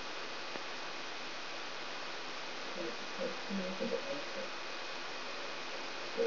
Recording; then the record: brain microelectrode recording played as sound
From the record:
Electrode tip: outside the subthalamic nucleus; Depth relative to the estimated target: -6 mm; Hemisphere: right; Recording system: AlphaMap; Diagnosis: Parkinson's disease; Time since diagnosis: 9 years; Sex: female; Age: 63 years